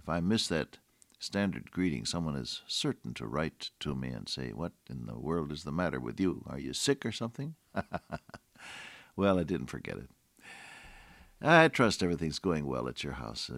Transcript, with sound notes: If I miss that standard greeting someone is certain to write to me and say, “What in the world is the matter with you, are you sick or something?” (Chuckles) Well, I didn’t forget it. I trust everything’s going well at your house.